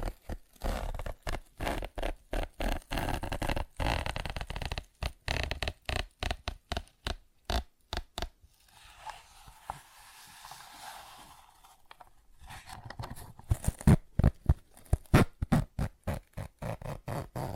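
ASMR tapping with quick, regular, crisp taps, roughly four or five per second, filling the first eight seconds. Around 8.5 to 12 seconds the taps stop and a softer, hissy scratching or rubbing takes over, then rapid tapping returns and continues to the end.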